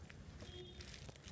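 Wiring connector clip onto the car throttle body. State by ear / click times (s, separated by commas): not seated / none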